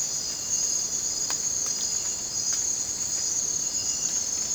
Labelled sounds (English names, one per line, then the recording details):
none
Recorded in dense forest near Puerto Asís, Putumayo, Colombia, on 19 June 2025 at 03:30
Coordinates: 0.484, -76.317
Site G045